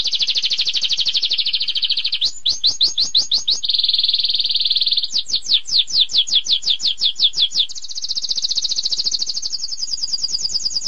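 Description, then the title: Mixed birdsong, dense high trills and fast strings of sharp chirps, one phrase replacing the next without a break, all bright and high-pitched. A mix of several bird species. "Burung Campur2"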